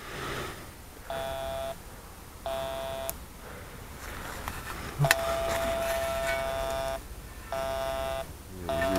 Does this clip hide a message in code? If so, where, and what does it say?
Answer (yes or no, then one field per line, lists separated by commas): no